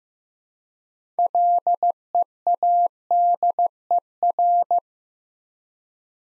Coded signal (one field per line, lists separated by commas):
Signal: Morse code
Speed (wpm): 15 wpm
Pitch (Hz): 700 Hz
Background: none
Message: LEADER